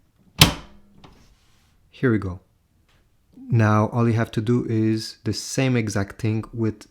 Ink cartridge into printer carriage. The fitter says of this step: put it behind and push it with your thumb until you hear a click